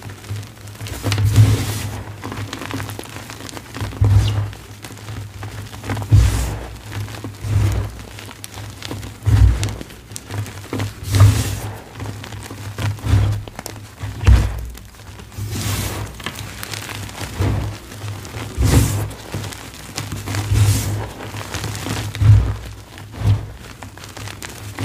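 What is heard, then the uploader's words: Soft dyed gym chalk is crushed and crumbled in steady bursts of crunchy, crispy crackle with dull low thumps every second or two. ASMR crunchy, crispy, soft dyed gym chalk crush and crumble.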